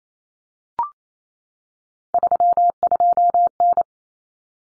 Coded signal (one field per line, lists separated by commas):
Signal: Morse code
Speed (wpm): 28 wpm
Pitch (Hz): 700 Hz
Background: none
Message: 32N